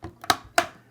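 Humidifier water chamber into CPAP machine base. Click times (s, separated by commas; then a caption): 0.6 s. A humidifier water tub, just filled with distilled water, is set back into the base of a Luna G3 CPAP machine and pressed down. A few soft taps and a sharp click near 0.3 s lead to a loud plastic snap at 0.6 s as the chamber clicks and seats into place.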